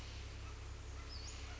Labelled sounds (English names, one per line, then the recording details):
Western Flycatcher
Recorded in Sonoma County, California